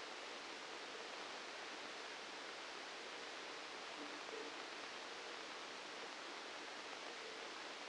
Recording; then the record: brain microelectrode recording played as sound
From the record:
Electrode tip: outside the subthalamic nucleus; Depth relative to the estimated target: -4 mm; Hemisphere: left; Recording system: NeuroSet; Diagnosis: Parkinson's disease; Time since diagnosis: 9 years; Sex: male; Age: 56 years